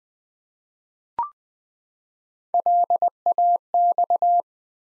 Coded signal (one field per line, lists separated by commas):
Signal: Morse code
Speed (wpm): 20 wpm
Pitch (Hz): 700 Hz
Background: none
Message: LAX